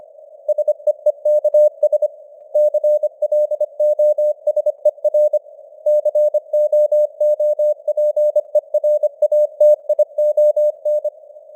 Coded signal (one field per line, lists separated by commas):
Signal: Morse code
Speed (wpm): 25 wpm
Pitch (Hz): 600 Hz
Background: none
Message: SEEKS CLOSER COOPERATION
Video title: Morse Code News | 2025-12-22 | 25wpm